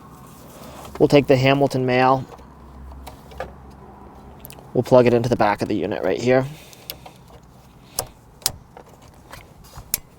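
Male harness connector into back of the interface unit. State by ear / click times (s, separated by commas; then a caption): seated / 9.9 s. A male harness connector from a Hamilton conversion kit for Apple CarPlay and Android Auto in a 2016-2019 Lexus RX is plugged into the back of the interface unit while someone talks. Small handling taps and clicks follow, and the connector clicks into place at 9.9 seconds, fully seated.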